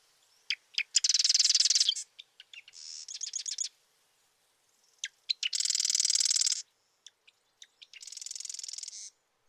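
Marsh wren singing bursts of harsh, rapid mechanical trill introduced by dry clicks, alternating with quieter stuttering phrases.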